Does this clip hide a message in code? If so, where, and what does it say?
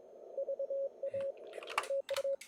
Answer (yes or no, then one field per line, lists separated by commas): yes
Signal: Morse code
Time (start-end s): 0.4-2.4 s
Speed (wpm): 32 wpm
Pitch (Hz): 560 Hz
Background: none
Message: VA TU